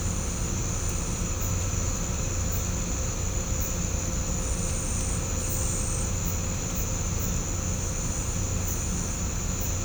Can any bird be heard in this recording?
no